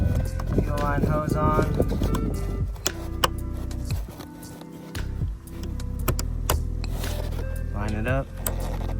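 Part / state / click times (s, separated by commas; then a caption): fuel line hose connector onto fuel pump module / seated / 8.5 s. A fuel line hose connector is lined up and pushed onto a fuel pump module while someone talks over background music. Several sharp clicks and knocks are heard during the handling, and the connector clicks into place at 8.5 seconds, seating it.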